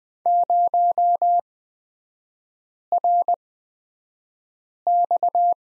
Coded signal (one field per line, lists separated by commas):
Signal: Morse code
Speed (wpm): 20 wpm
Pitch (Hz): 700 Hz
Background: none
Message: 0RX